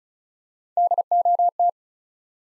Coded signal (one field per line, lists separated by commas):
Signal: Morse code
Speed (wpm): 36 wpm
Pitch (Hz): 700 Hz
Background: none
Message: DOT